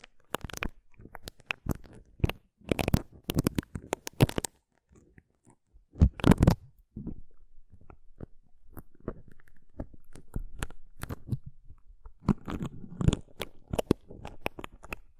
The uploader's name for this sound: Rough Brain Cleaning and Picking